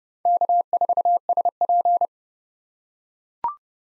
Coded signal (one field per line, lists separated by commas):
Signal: Morse code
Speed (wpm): 30 wpm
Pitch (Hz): 700 Hz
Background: none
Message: K4SP